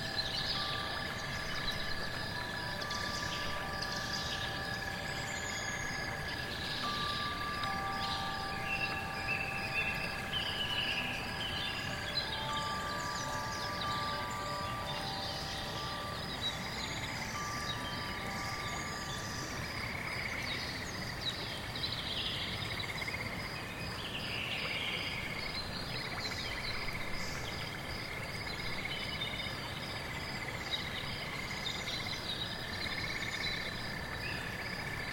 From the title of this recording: The enchanting forest at night is beautiful, with raindrops falling on the fallen leaves, cicadas and wind chimes